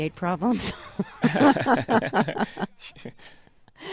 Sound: soundbite of laughter

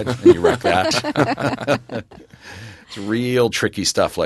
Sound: soundbite of laughter

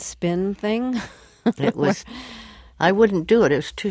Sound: soundbite of laughter

